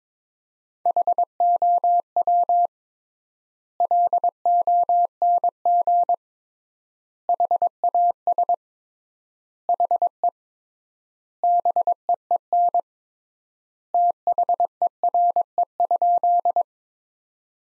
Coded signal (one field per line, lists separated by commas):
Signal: Morse code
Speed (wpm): 22 wpm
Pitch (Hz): 700 Hz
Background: none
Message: HOW LONG HAS HE BEEN THERE?